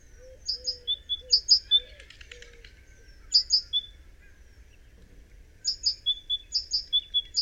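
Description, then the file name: Great tit calls: rapid high chirping in clusters, with low warbled notes early on and a rustle. "Parus major"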